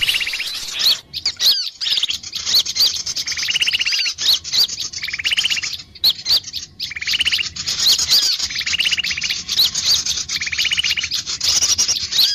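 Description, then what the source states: Birds calling together: repeated buzzy rattling trills mixed with high squeaky chirps and whistles, broken by brief gaps. Lure call used to attract birds, described as a thousand birds.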